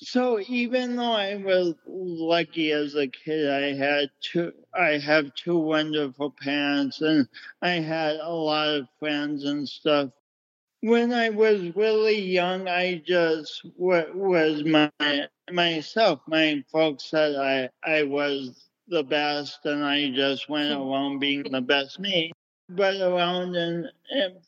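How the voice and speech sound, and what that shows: A man talks at a slow, drawn-out pace with stretched vowels, word repeats and softened consonants: dysarthria, a speech impediment from cerebral palsy, giving him a different voice from other people.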